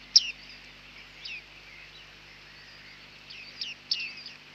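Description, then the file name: Bearded reedling calls: a sharp high ping opens, followed by a few softer pings and a cluster of bright descending notes near the end, otherwise quiet. "Bearded Tit (Panurus biarmicus)"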